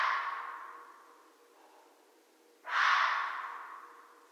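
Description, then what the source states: Red fox calling twice, a harsh hoarse bark fading at the start and a second rasping bark about two and a half seconds later, each with a lingering echo. Recorded on 13 January 2012.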